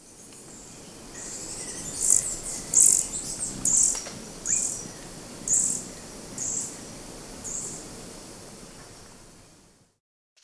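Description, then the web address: Velvet-purple coronet calls: several thin, very high chips given singly, over a faint hiss. Ecuador. "Birds of Ecuador. Velvet-purple Coronet"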